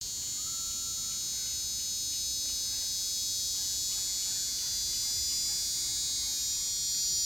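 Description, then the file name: Cicada buzz: an intense, unbroken high-pitched drone that gradually swells in loudness throughout. Recorded in French Guiana. "Guyane cigale"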